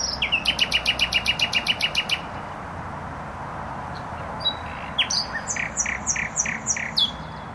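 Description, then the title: Nightingale song: a loud rapid series of repeated notes, a pause, then a run of shorter varied notes, with continuous road noise behind. Singing in bushes close to a noisy motorway, Trasa Toruńska, Bródno-Podgrodzie, Warsaw, Poland; recorded on an Olympus LS-11. "Bródno-Podgrodzie, Warszawa, Polska - Trasa Toruńska Nightingale"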